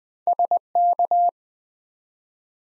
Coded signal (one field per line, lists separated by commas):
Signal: Morse code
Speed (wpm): 20 wpm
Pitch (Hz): 700 Hz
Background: none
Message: SK